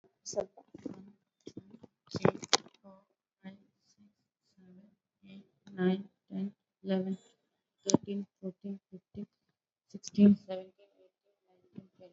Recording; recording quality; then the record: counting at a normal pace; poor, much background noise or distortion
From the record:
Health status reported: COVID-19 positive, mild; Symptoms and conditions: cough, sore throat, fever, fatigue, hypertension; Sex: female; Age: 47 years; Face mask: not worn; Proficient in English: yes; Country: India